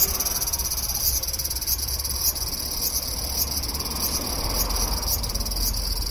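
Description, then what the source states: Large brown cicadas singing, a steady dense hiss with rhythmic pulses up high, continuous throughout, over low background rumble. Under a cherry tree on a hot August day; when several sing together their textures cancel out, while fewer individuals sound like 'shaku shaku'.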